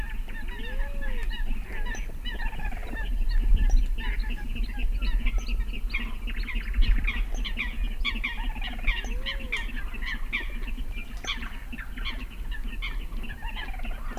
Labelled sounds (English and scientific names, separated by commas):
Little Crake (Porzana parva) call